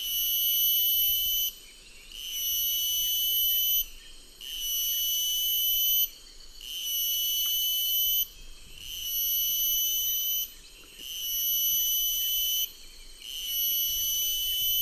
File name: Purana nebulilinea